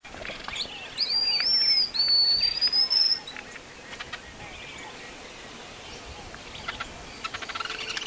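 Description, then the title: White-naped xenopsaris song: thin, very high drawn-out whistled notes over about two seconds, then faint background ticks. "LuckyPassaro Completos2Sama. White-naped Xenopsaris (Xenopsaris albinucha)"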